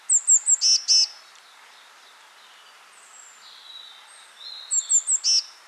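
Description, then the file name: Eurasian blue tit call heard twice: quick high thin notes ending in buzzy scolding notes. Softer whistled sounds fill the gap between the two phrases. "Cyanistes caeruleus"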